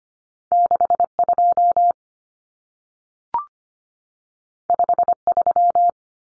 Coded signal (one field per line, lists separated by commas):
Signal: Morse code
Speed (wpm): 25 wpm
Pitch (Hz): 700 Hz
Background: none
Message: 62 53